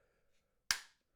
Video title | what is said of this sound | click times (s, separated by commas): THE TOXICANT XM5 - Incredible CO2 Recoil + Upgrade Time! | kind of clicks into place just with this little Tab | 0.7 s